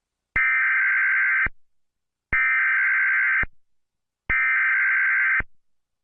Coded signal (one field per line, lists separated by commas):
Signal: Emergency Alert System (SAME) tones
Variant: header bursts